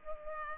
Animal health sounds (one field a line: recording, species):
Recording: mosquito wingbeat signal from an infrared sensor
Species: Culex pipiens